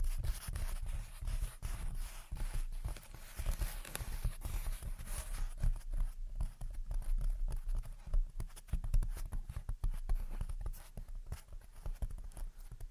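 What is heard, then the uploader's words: Gentle tapping and scratching in quick, uneven strokes, dense through the first half and sparser with scattered sharper taps after six seconds. Gentle Tapping and Scratching. (No Talking).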